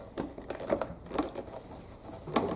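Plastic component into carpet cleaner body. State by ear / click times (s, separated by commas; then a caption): not seated / none. A plastic part is pressed into the body of a Hoover Power Scrub Elite Pet + carpet cleaner (FH50251/FH50258), producing a series of short plastic knocks and rattles, with the sharpest near 0.2 s and 2.4 s. The part does not snap in, so nothing has seated or clicked yet, and the release button is pressed to try again.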